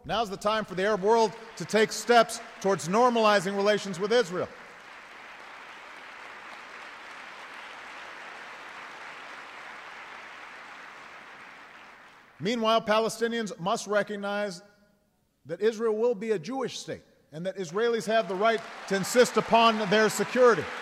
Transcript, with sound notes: Now is the time for the Arab world to take steps toward normalizing relations with Israel. (Applause.) Meanwhile, Palestinians must recognize that Israel will be a Jewish state and that Israelis have the right to insist upon their security.